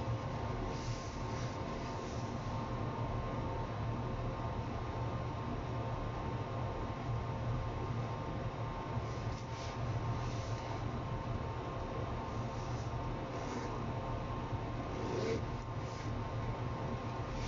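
Kitchen noises over a steady, dense low rumble that holds level for the whole stretch. Short, brighter clicks and clatters break through now and then, near the start and more often after the middle, around nine to sixteen seconds.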